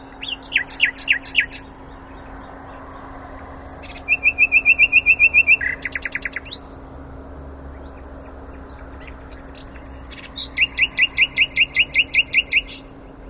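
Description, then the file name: Common nightingale song in three phrases separated by pauses, each a rapid run of loud repeated notes, against a constant low hum. "Luscinia megarhynchos"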